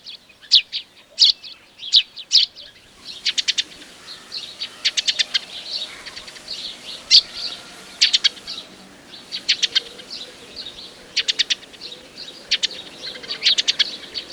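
Bird song: a few sharp separate chirps, then short rapid high trills of clicking notes repeated every second or so.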